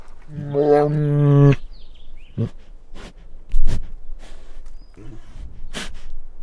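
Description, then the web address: Bengal tiger gives one deep, harmonic growl lasting about a second, followed by scattered low thumps and clicks. Male Bengal tiger growling and snarling. "Sound Ideas Tigers Sound Effects"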